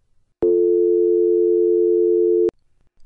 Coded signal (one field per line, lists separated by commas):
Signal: telephone call progress tone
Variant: North America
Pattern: dial tone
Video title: When & how to call 911. Teaching children how to call 911 using various phones.